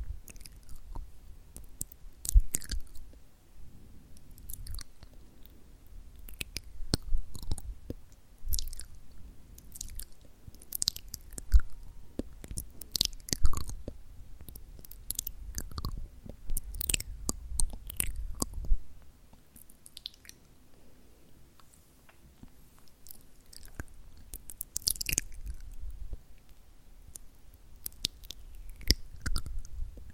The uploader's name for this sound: TONGUE SOUNDS - fluttering, mouth sounds , tktktk rhythmic tongue sounds.